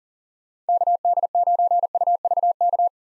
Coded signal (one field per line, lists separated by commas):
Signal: Morse code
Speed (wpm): 40 wpm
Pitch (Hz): 700 Hz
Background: none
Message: KD9UVK